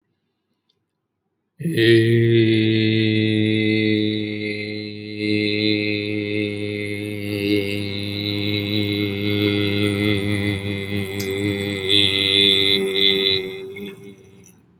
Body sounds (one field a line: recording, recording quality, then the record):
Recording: sustained vowel as in made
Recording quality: excellent, no background noise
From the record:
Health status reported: healthy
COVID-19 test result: not tested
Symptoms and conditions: hypertension, diabetes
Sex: male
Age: 63 years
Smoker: not ticked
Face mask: not worn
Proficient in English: yes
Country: India